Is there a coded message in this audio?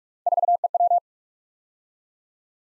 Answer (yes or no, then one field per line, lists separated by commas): yes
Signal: Morse code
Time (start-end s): 0.3-1.0 s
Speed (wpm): 44 wpm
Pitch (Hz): 700 Hz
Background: none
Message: 4EW